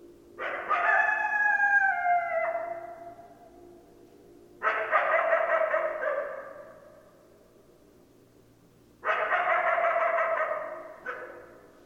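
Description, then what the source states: Coyote calls in three loud harmonic bursts about four seconds apart, each fading away. Recorded 10 December 2012; more than one coyote.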